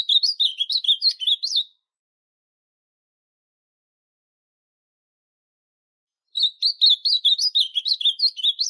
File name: CANTO AZULAO